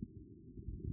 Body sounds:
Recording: neck accelerometer signal played as sound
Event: no cough (speech, laughter, throat clearing or background)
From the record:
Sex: female

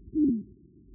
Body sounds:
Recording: neck accelerometer signal played as sound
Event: no cough (speech, laughter, throat clearing or background)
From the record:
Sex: male

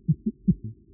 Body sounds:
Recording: neck accelerometer signal played as sound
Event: voluntary cough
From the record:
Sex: male

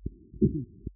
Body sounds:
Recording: neck accelerometer signal played as sound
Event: voluntary cough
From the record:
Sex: male

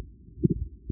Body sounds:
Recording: neck accelerometer signal played as sound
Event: voluntary cough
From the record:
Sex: male

